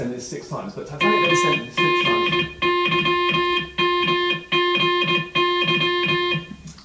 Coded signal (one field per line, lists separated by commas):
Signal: Morse code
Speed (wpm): 18 wpm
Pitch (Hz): 1060 Hz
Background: speech, music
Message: MGYMGY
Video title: CRHnews - Tim Maltin's Titanic Talk at Marconi's 'SOS Factory'